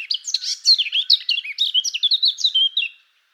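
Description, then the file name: Eurasian blackcap giving a brief, hurried warble that settles into clearer, repeated whistled notes before stopping. "Fauvette a tete noire"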